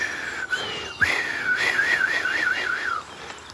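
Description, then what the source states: Red kite giving a drawn-out whistle that breaks into a wavering, quavering series of notes. Red kite in early June, late in the breeding season, in the evening, possibly calling from its nest (eyrie).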